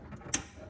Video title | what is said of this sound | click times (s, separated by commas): Our STEEL Countertop Support ISN'T ENOUGH! | all right i should hear a click | 0.3 s